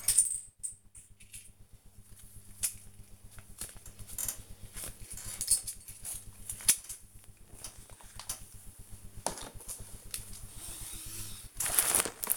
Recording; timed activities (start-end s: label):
household activities, microphone on the right wrist
0.00-12.37 s: sorting documents